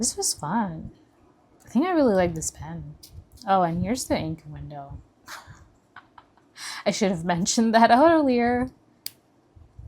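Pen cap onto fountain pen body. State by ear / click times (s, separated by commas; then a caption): seated / 9.1 s. Someone talks, then the snap cap of a Lamy 2000 fountain pen with an Oblique Medium nib is pushed back onto the pen body. A sharp click is heard at 9.1 s as the cap seats shut.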